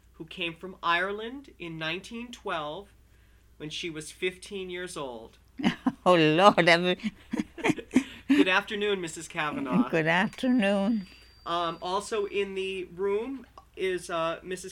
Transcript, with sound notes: who came from Ireland in 1912 when she was fifteen years old.
Oh, Lord. ( she laughs )
Good afternoon, Mrs. Cavanaugh.
Good afternoon.
Also in the room is Mrs.